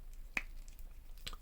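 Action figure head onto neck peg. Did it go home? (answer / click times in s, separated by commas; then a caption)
yes / 0.4 s. A 1/12 scale action figure's plastic head is pushed back onto its neck peg after its poncho has been removed. It seats with a sharp, bright snap at 0.4 s, followed by faint ticks and a second softer click near 1.3 s. No one talks.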